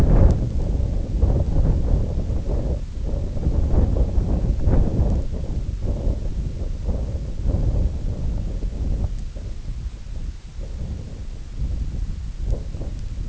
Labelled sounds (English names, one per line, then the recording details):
none
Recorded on Arctic tundra, site IGLO-D, on 19 June 2018
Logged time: 14:00